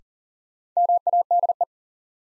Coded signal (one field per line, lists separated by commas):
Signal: Morse code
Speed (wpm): 40 wpm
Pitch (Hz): 700 Hz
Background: none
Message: MADE